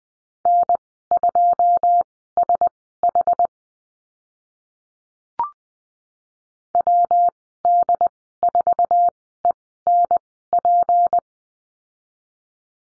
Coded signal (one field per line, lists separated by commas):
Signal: Morse code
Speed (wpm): 20 wpm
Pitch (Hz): 700 Hz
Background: none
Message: N2SH WD4ENP